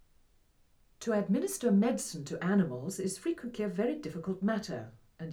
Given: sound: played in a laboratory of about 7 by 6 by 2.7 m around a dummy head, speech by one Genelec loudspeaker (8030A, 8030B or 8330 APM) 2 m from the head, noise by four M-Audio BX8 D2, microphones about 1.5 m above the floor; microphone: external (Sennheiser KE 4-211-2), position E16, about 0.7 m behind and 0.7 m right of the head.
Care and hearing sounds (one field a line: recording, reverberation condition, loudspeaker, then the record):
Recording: female speech in English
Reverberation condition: low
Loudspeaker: 60 degrees to the right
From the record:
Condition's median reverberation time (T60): about 310 ms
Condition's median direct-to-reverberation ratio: about 3.5 dB